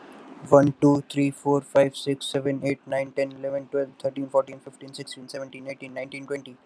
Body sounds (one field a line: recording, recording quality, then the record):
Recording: counting at a fast pace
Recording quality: excellent, no background noise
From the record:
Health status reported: healthy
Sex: male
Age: 19 years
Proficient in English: yes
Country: India